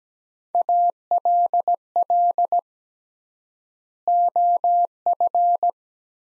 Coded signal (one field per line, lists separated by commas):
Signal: Morse code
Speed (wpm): 17 wpm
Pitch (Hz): 700 Hz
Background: none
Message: ALL OF